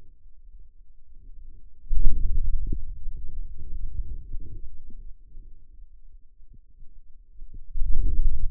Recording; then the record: forearm muscle sounds (acoustic myography)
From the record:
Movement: hand closing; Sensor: system 2, bracelet of six BSWA MPA416 microphones around the upper forearm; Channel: 6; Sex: male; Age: 22 years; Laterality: right